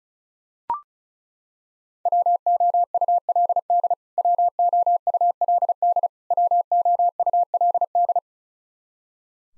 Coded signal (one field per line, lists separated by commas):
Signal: Morse code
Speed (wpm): 34 wpm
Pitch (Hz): 700 Hz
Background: none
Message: WOULD WOULD WOULD